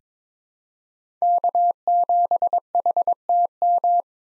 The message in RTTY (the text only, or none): none